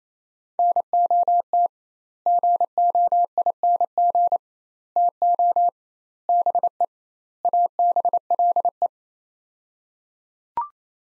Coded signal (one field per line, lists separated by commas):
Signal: Morse code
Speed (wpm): 28 wpm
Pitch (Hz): 700 Hz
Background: none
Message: NOT GOING TO BE ABLE